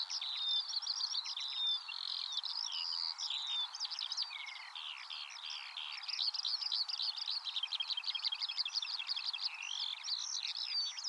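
Eurasian skylark song, a continuous rapid stream of chirps, trills and high whistled notes without pauses, steady throughout.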